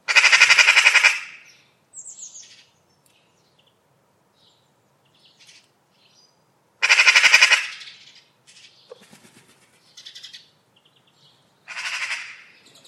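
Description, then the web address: Bird giving two loud, harsh chattering bursts about a second long and a shorter one near the end, with fainter calls between. "cianscape birddata Deverinetal 2025"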